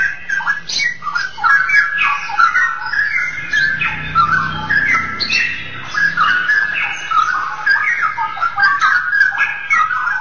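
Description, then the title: Oriental magpie-robin song: an unbroken flow of mixed whistles, slurs and short trills over faint low background noise. "Kicau Kacer"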